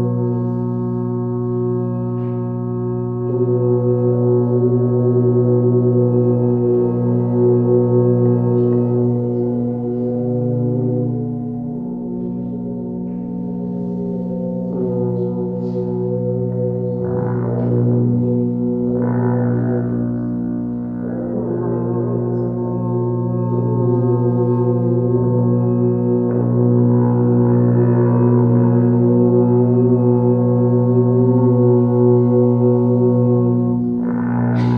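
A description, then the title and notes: Earth horns blow a deep, steady drone with layered humming overtones, joined by a buzzy electronic tone and brief rough swells around the middle. Earth Horns with Electronic Drone.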